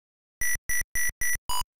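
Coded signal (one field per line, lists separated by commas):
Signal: none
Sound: video game sound effects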